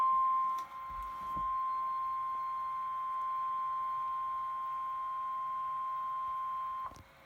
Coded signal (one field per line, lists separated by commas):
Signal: Emergency Alert System (SAME) tones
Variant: 1050 Hz attention tone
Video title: FFW #1 on KHQ-DT (EAS #1074)